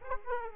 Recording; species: mosquito wingbeat signal from an infrared sensor; Aedes aegypti